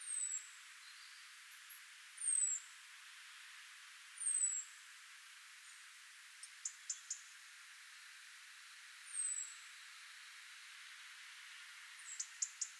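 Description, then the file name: European robin giving high, thin, slightly falling whistled calls at irregular intervals, with a quick run of sharp ticking notes near the middle and another at the end. "Erithacus rubecula"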